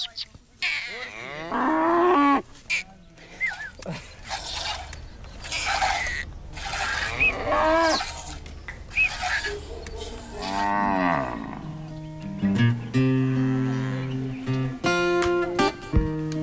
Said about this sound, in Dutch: En die koeien moeten in de ochtend gemolken worden. De melker lokt de koeien en de koe komt naar hem toe.